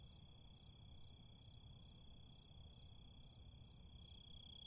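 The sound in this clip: Cricket chirps in brisk, evenly spaced high pulses, layered over a continuous whine and low-frequency city hum.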